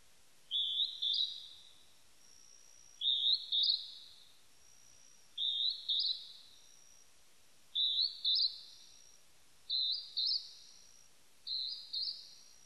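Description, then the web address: Northern hawk-cuckoo repeating a piercing doubled whistle, sharply rising, six phrases a couple of seconds apart over faint background hiss. Recorded 23 May 1998; labelled with the Japanese name jūichi. "1998 980523 jyuuiti"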